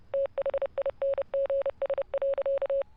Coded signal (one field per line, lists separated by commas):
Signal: Morse code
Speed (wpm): 30 wpm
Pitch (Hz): 560 Hz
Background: none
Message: THINGS.